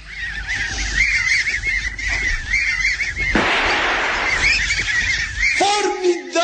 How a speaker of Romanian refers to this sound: Cele 10 rațe sălbatici înșelate una după alta? Chiar așa. Să le lăsăm să treacă pe dinaintea noastră.